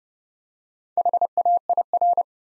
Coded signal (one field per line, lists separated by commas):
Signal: Morse code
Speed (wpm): 30 wpm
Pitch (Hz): 700 Hz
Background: none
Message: HAIR